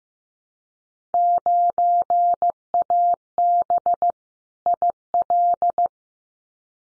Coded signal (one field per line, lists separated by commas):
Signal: Morse code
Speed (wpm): 15 wpm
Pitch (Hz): 700 Hz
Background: none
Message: 9AB IL